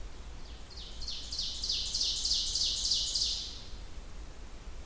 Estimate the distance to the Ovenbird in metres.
about 40 m